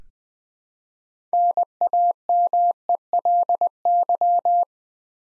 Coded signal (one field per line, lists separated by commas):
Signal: Morse code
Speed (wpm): 20 wpm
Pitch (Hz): 700 Hz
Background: none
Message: NAMELY